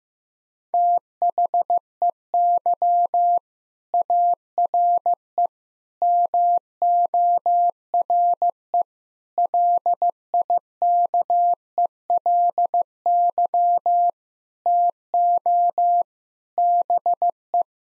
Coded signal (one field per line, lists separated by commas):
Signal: Morse code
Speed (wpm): 15 wpm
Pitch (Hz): 700 Hz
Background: none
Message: THEY ARE MORE LIKELY TO BE